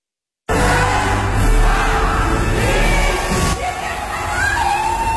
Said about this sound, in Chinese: 随着倒计时归零，新年钟声响起，现场的观众欢呼雀跃着迎接2018年新年的到来。